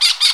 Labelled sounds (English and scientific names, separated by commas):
Brown-throated Parakeet (Eupsittula pertinax) contact call